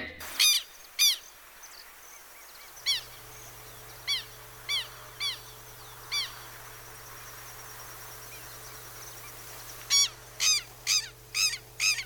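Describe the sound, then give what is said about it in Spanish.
Bird calls played on Radio San Javier's program Hacha y machete for the International Day of Birds ring out as sharp, high chirps: a pair at the start, then single calls spaced evenly apart, and finally a quick burst of five, all over a low, steady hum. “Hoy festejamos el Día Internacional de las Aves, así que a puro pájaro.”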